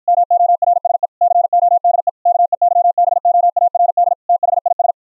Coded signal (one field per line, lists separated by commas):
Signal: Morse code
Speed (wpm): 53 wpm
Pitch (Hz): 700 Hz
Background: none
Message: MORSE CODE KEYBOARD THIS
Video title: The CW RE-Keyer System - a harsh 555 square wave IN - pure sine wave OUT - with Raised Cosine edges